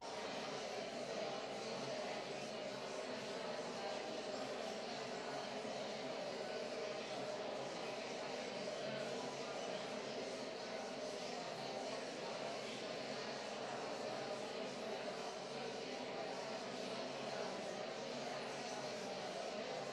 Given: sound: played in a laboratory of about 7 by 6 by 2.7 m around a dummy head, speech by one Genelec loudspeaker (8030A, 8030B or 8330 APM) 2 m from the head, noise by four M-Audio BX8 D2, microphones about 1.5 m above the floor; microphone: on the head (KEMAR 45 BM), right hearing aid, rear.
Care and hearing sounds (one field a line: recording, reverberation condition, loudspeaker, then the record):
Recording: babble noise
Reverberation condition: high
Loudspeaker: four, about 170 cm from the corners of the room and facing them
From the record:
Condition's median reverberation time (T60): about 1300 ms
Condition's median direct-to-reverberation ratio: about -4.0 dB